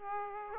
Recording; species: mosquito wingbeat signal from an infrared sensor; Aedes aegypti